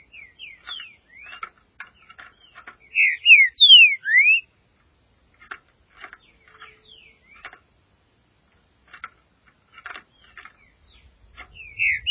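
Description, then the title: Green-winged saltator song: a loud burst of slurred whistled notes, rising and falling, early on, then scattered soft clicking and chipping notes, with another whistled phrase at the end. "Trinca Ferro"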